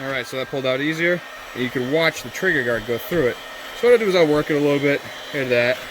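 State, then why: Not seated. A pistol is worked in and out of a molded Kydex OWB holster after its retention has been heat-adjusted, with the trigger guard passing through the retention. Someone talks throughout over faint handling sounds. Nothing has seated or clicked yet.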